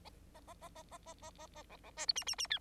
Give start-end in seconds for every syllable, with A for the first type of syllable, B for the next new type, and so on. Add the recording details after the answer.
0.04-0.09 A, 0.34-0.40 A, 0.47-0.54 A, 0.61-0.69 A, 0.75-0.83 A, 0.91-0.98 A, 1.06-1.14 A, 1.22-1.30 A, 1.38-1.47 A, 1.55-1.63 A, 1.70-1.77 B, 1.83-1.91 B, 1.97-2.06 C, 2.08-2.13 D, 2.15-2.24 E, 2.26-2.35 E, 2.38-2.47 E, 2.50-2.59 F. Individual Bird9